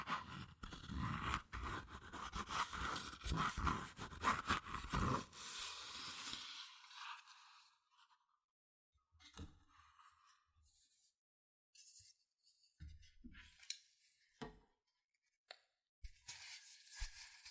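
Fast tapping and scratching on cardboard and paper, dense and busy for the first six seconds with quick crisp strokes. After that it thins into scattered short scrapes and taps with silent gaps, a bright rustling burst returning near the end.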